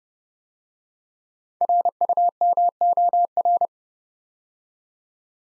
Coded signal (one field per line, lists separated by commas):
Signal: Morse code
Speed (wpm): 30 wpm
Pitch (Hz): 700 Hz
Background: none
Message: RUMOR